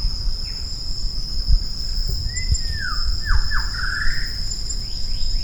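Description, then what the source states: Shama song: one rich phrase of a level whistle, two sharply falling notes and a short rising trill, backed by a constant shrill insect hum. On Maratua.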